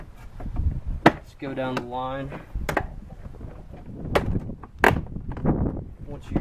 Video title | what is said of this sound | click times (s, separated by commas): How-To: Replace Ford Fusion side mirror (HD) | and you just hear a popping noise like that just | 1.1 s